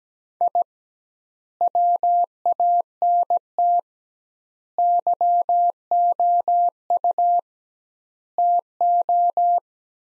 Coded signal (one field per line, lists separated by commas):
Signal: Morse code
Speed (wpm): 17 wpm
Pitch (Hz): 700 Hz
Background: none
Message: I WANT YOU TO